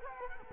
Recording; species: mosquito wingbeat signal from an infrared sensor; Culex quinquefasciatus